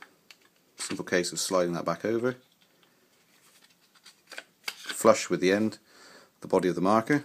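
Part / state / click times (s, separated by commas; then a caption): part on a paintball marker body, near the rear sight / seated / 0.3 s. After a gap is closed, a part on the body of a BT Combat paintball marker, near the rear sight, is pushed into position while fitting a Rap4 carbine stock. It seats with a short, sharp click at 0.3 s, followed by someone talking and a few faint handling taps.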